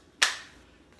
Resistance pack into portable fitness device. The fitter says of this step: you have your double flex flex packs in here that you snap into place and it